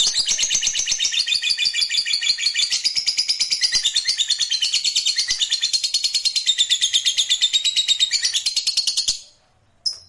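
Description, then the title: Lovebird giving a long, continuous high chattering trill of rapid repeated notes for about nine seconds, then a brief pause and a short chirp. Fighter lovebird giving a long ngekek trill. "Begitu Dengar Suara Lovebird FIGHTER NGEKEK PANJANG"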